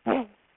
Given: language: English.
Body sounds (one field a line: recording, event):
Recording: throat vibration sensor signal played as sound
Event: throat clearing